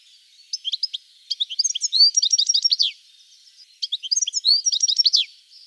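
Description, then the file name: European goldfinch twittering, two bursts of quick, high, liquid tinkling notes, the first lasting about two and a half seconds, the second about one and a half. "Carduelis carduelis"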